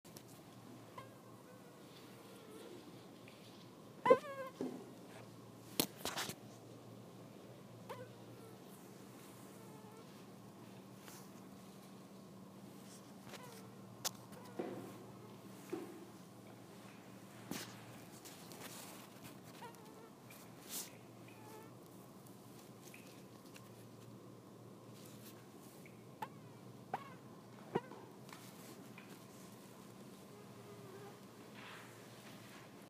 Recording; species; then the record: mosquito flight sound by mobile phone; Anopheles dirus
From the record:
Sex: female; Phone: iPhone 6